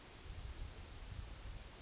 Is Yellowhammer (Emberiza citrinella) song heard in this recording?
no